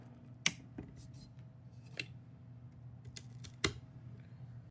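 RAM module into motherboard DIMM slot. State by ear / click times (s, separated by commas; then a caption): seated / 0.5 s, 3.7 s. A second RAM memory module is pressed into its DIMM slot on a motherboard, with its latches clamped at the top and bottom. Two sharp clicks ring out at 0.5 s and 3.6 s, with a few fainter ticks between them over a low steady hum. The module is seated.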